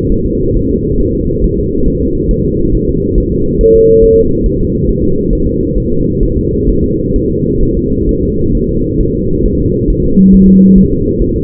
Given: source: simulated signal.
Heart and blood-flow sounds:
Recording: fetal heart sounds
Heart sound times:
0.12 s: S1
0.26 s: S2
0.57 s: S1
0.71 s: S2
1.01 s: S1
1.15 s: S2
1.44 s: S1
1.59 s: S2
1.88 s: S1
2.02 s: S2
2.31 s: S1
2.45 s: S2
2.75 s: S1
2.89 s: S2
3.18 s: S1
3.32 s: S2
3.61 s: S1
3.75 s: S2
4.04 s: S1
4.18 s: S2
4.46 s: S1
4.61 s: S2
4.89 s: S1
5.04 s: S2
5.33 s: S1
5.47 s: S2
5.78 s: S1
5.92 s: S2
6.23 s: S1
6.38 s: S2
6.69 s: S1
6.84 s: S2
7.16 s: S1
7.30 s: S2
7.63 s: S1
7.77 s: S2
8.09 s: S1
8.23 s: S2
8.55 s: S1
8.69 s: S2
9.01 s: S1
9.15 s: S2
9.46 s: S1
9.60 s: S2
9.90 s: S1
10.05 s: S2
10.34 s: S1
10.49 s: S2
10.78 s: S1
10.93 s: S2
11.22 s: S1
11.36 s: S2
From the record:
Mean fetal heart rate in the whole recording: 135 bpm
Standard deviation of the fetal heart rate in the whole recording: 3 bpm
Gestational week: 36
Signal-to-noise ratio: -15.3 dB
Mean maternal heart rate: 72 bpm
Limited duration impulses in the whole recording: present

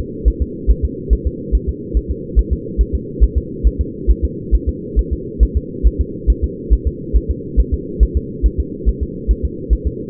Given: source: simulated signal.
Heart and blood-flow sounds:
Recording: fetal heart sounds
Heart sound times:
0.28 s: S1
0.42 s: S2
0.71 s: S1
0.85 s: S2
1.13 s: S1
1.27 s: S2
1.55 s: S1
1.69 s: S2
1.97 s: S1
2.11 s: S2
2.39 s: S1
2.53 s: S2
2.81 s: S1
2.95 s: S2
3.23 s: S1
3.38 s: S2
3.67 s: S1
3.81 s: S2
4.10 s: S1
4.25 s: S2
4.55 s: S1
4.69 s: S2
4.99 s: S1
5.13 s: S2
5.43 s: S1
5.57 s: S2
5.87 s: S1
6.01 s: S2
6.30 s: S1
6.44 s: S2
6.73 s: S1
6.87 s: S2
7.16 s: S1
7.31 s: S2
7.60 s: S1
7.74 s: S2
8.03 s: S1
8.17 s: S2
8.46 s: S1
8.60 s: S2
8.89 s: S1
9.03 s: S2
9.31 s: S1
9.45 s: S2
9.73 s: S1
9.87 s: S2
From the record:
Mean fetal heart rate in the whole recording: 140 bpm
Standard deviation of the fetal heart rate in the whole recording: 2 bpm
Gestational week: 34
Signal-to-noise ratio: -4.1 dB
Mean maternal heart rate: no maternal heart sound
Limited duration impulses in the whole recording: absent

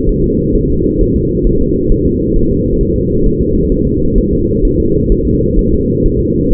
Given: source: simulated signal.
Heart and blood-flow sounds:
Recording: fetal heart sounds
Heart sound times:
0.09 s: S1
0.24 s: S2
0.55 s: S1
0.70 s: S2
1.01 s: S1
1.16 s: S2
1.47 s: S1
1.61 s: S2
1.92 s: S1
2.06 s: S2
2.36 s: S1
2.51 s: S2
2.81 s: S1
2.96 s: S2
3.26 s: S1
3.41 s: S2
3.72 s: S1
3.87 s: S2
4.18 s: S1
4.33 s: S2
4.65 s: S1
4.80 s: S2
5.12 s: S1
5.27 s: S2
5.59 s: S1
5.73 s: S2
6.06 s: S1
6.21 s: S2
6.53 s: S1
From the record:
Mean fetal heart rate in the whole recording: 130 bpm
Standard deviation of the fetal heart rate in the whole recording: 4 bpm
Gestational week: 38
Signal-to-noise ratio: -15.3 dB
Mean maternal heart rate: 72 bpm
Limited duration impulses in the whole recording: present

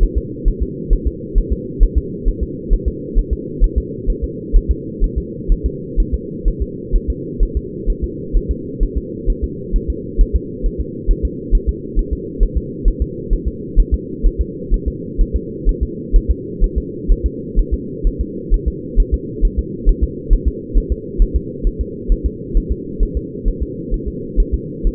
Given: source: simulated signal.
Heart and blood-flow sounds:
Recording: fetal heart sounds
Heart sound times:
0.03 s: S1
0.18 s: S2
0.48 s: S1
0.62 s: S2
0.93 s: S1
1.07 s: S2
1.38 s: S1
1.52 s: S2
1.83 s: S1
1.98 s: S2
2.28 s: S1
2.43 s: S2
2.73 s: S1
2.88 s: S2
3.19 s: S1
3.33 s: S2
3.64 s: S1
3.78 s: S2
4.10 s: S1
4.24 s: S2
4.56 s: S1
4.71 s: S2
5.04 s: S1
5.18 s: S2
5.52 s: S1
5.66 s: S2
6.00 s: S1
6.14 s: S2
6.48 s: S1
6.62 s: S2
6.96 s: S1
7.10 s: S2
7.43 s: S1
7.57 s: S2
7.90 s: S1
8.04 s: S2
8.37 s: S1
8.51 s: S2
8.83 s: S1
8.97 s: S2
9.30 s: S1
9.44 s: S2
9.76 s: S1
9.90 s: S2
10.21 s: S1
10.36 s: S2
10.66 s: S1
10.80 s: S2
11.11 s: S1
11.25 s: S2
11.55 s: S1
11.69 s: S2
11.99 s: S1
12.13 s: S2
12.43 s: S1
12.57 s: S2
12.88 s: S1
13.02 s: S2
13.33 s: S1
13.48 s: S2
13.79 s: S1
13.94 s: S2
14.27 s: S1
14.41 s: S2
14.74 s: S1
14.88 s: S2
15.21 s: S1
15.36 s: S2
15.69 s: S1
15.83 s: S2
16.16 s: S1
16.31 s: S2
16.64 s: S1
16.78 s: S2
17.11 s: S1
17.26 s: S2
17.59 s: S1
17.74 s: S2
18.07 s: S1
18.21 s: S2
18.54 s: S1
18.68 s: S2
19.00 s: S1
19.14 s: S2
19.45 s: S1
19.59 s: S2
19.89 s: S1
20.04 s: S2
20.33 s: S1
20.48 s: S2
20.78 s: S1
20.92 s: S2
21.22 s: S1
21.36 s: S2
21.67 s: S1
21.81 s: S2
22.12 s: S1
22.26 s: S2
22.57 s: S1
22.72 s: S2
23.03 s: S1
23.17 s: S2
23.48 s: S1
23.63 s: S2
23.94 s: S1
24.08 s: S2
24.40 s: S1
24.54 s: S2
24.87 s: S1
From the record:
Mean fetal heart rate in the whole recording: 130 bpm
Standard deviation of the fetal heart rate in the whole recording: 4 bpm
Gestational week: 38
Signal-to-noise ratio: -4.1 dB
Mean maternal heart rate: no maternal heart sound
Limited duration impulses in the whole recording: absent

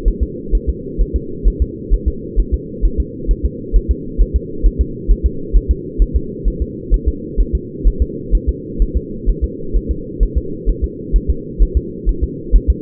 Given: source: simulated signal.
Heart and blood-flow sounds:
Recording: fetal heart sounds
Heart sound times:
0.08 s: S1
0.23 s: S2
0.55 s: S1
0.69 s: S2
1.01 s: S1
1.16 s: S2
1.47 s: S1
1.62 s: S2
1.94 s: S1
2.08 s: S2
2.40 s: S1
2.54 s: S2
2.85 s: S1
3.00 s: S2
3.31 s: S1
3.46 s: S2
3.76 s: S1
3.91 s: S2
4.21 s: S1
4.36 s: S2
4.66 s: S1
4.81 s: S2
5.11 s: S1
5.26 s: S2
5.56 s: S1
5.71 s: S2
6.02 s: S1
6.16 s: S2
6.48 s: S1
6.62 s: S2
6.94 s: S1
7.08 s: S2
7.40 s: S1
7.55 s: S2
7.87 s: S1
8.02 s: S2
8.35 s: S1
8.49 s: S2
8.82 s: S1
8.97 s: S2
9.29 s: S1
9.44 s: S2
9.76 s: S1
9.91 s: S2
10.23 s: S1
10.38 s: S2
10.69 s: S1
10.84 s: S2
11.16 s: S1
11.30 s: S2
11.62 s: S1
11.77 s: S2
12.09 s: S1
12.24 s: S2
12.56 s: S1
12.70 s: S2
From the record:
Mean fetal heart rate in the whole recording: 130 bpm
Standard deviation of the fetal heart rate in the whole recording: 2 bpm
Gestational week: 36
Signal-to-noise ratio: -4.3 dB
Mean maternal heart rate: 72 bpm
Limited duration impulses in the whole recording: absent

